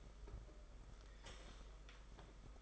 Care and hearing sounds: daily activity, microphone in the room; take from stove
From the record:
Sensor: 5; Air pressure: 991.3 hPa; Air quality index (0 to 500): 91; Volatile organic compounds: 11 ppm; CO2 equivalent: 2294 ppm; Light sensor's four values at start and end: 32/102/39/42 and 32/102/39/42

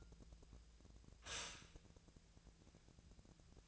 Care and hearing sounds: daily activity, microphone in the room; stop toaster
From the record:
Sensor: 2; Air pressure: 1000.0 hPa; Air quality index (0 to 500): 147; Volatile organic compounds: 2 ppm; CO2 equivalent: 1248 ppm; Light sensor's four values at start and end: 26/65/28/30 and 26/65/28/30

